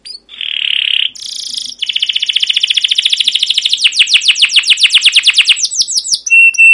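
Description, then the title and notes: Canary song: a buzzy held note, then a long rapid trill that turns into rolling descending chirps and ends on a clear whistle. Long, lively canary song with 'cuit cuit' chirps and rolls ('ngerol'), used as a lure (pancingan) and tutor recording (masteran) for young canaries learning to sing. "CUIT CUIT NGEROL LANGSUNG GACOR PANJANG Kenari Ini AMPUH Utk Pancingan KENAR. PANCINGAN Kenari GACOR PANJANG Cuit CUIT EMOSI ini AMPUH utk MASTERAN Kenari PAUD belajar BUNYI. burung kenari"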